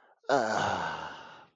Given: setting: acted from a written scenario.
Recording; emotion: vocal sound without words; contentment